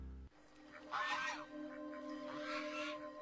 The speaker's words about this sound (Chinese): 鹅鹅鹅，曲项向天歌，白毛浮绿水，红掌 波清波。